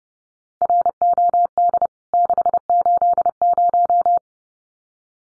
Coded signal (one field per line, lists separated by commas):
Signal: Morse code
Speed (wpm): 30 wpm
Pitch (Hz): 700 Hz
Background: none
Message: ROD 680